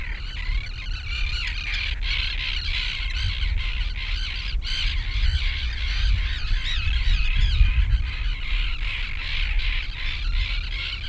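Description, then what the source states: Gulls calling in a dense flock, overlapping harsh squawks and mewing notes without pause, over a steady low rumble like surf or wind. Several seagulls near the sea.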